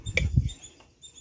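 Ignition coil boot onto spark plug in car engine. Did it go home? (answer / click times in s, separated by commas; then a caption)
yes / 0.2 s. An ignition coil on a Maruti Eeco car engine is pressed down firmly by hand onto the spark plug, and its rubber boot snaps into place on the plug terminal with a sharp click at 0.2 s. Low, muffled thumps from the pressing follow around 0.4 s before the sound fades to quiet. The boot is seated on the spark plug.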